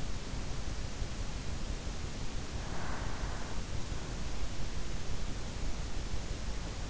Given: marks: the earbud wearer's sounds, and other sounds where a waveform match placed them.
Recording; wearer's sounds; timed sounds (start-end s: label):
sounds in sleep by an in-ear microphone; breath
2.56-3.76 s: breath